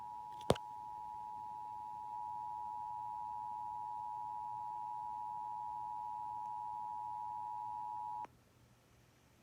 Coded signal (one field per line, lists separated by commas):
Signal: Emergency Alert System (SAME) tones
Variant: 853 and 960 Hz attention tone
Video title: [EAS #191-192] NJ Required Monthly Tests